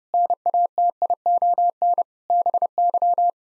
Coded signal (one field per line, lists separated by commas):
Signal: Morse code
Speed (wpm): 30 wpm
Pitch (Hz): 700 Hz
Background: none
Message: NATION BY